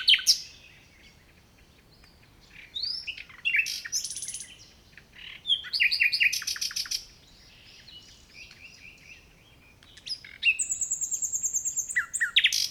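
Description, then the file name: Common nightingale delivering varied song phrases: sharp chirps, fast buzzing trills and high whistled notes, with pauses between bursts. "Luscinia megarhynchos"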